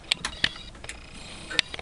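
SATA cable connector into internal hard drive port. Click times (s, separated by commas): 1.6 s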